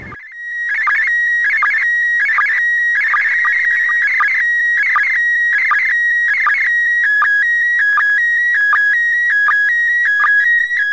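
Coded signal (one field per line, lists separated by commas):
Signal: SSTV (slow-scan television)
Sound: warbling whistle-like tone shifting pitch, with short low chirps repeating under a second apart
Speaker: god this is so strong you realize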